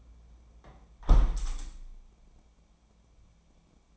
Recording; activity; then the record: daily activity, microphone in the room; close window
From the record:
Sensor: 1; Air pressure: 1012.4 hPa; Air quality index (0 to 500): 168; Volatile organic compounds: 3 ppm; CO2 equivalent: 1368 ppm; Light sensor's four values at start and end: 145/325/143/151 and 150/334/149/156